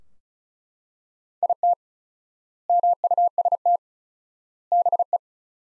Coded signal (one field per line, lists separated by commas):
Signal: Morse code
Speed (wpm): 36 wpm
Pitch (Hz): 700 Hz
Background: none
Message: IT MUST BE